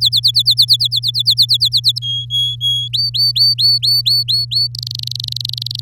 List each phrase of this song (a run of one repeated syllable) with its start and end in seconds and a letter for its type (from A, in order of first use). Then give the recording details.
0.01-1.99 A, 2.02-2.88 B, 2.93-4.67 C, 4.75-5.80 D. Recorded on 8 May 2018 at 14:58. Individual llb16